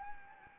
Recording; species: mosquito wingbeat signal from an infrared sensor; Anopheles arabiensis